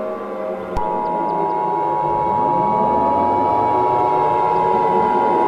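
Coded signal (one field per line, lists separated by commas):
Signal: Emergency Alert System (SAME) tones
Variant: 853 and 960 Hz attention tone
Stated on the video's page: Fictional EAS scenario.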